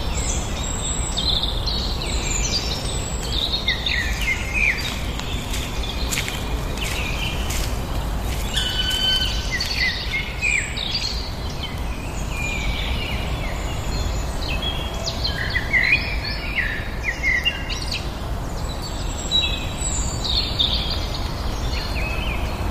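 A walk in the woods with many birds singing throughout: overlapping chirps and trills, bright and busy, with no real pause. A steady low rumble runs underneath, and a cluster of short crackling sounds stands out around six to nine seconds.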